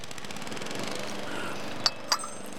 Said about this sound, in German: Jetzt ist dieser Idiot wieder am Rasenmähen. Gleich wird er sichtbar. Er dreht seine Rasenmäherrunde.